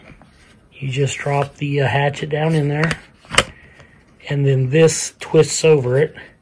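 Someone talks while handling a Gerber 9-inch belt hatchet (Fiskars pack hatchet), dropping it into its hard polymer belt sheath and starting to twist the locking tab over the head. A brief sharp knock is heard at 3.4 s between the talking. The tab has not clicked shut and nothing has seated yet.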